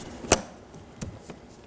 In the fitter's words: Make sure you hear the click.